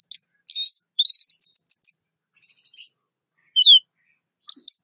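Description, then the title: Orange-headed thrush song opening with a strong slurred whistle, then a rapid string of short clear notes, a pause and another loud downslurred whistle. "Anis Merah"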